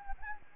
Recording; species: mosquito wingbeat signal from an infrared sensor; Anopheles gambiae